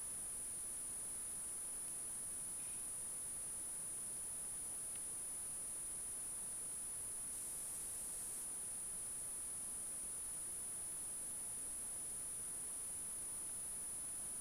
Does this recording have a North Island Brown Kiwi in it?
no